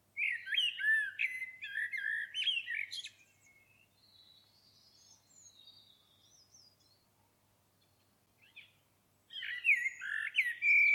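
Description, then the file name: Common blackbird singing a rich, fluty warbled phrase with high squeaky notes, a quiet stretch of faint twitters, then another full phrase. "Turdus merula"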